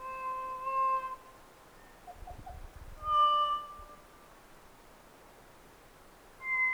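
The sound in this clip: Kōkako song: slow, drawn-out organ-like notes held about a second each, a low one first and then a higher one, with a quiet gap between and a faint rumble.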